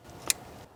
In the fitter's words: we should hear that click into place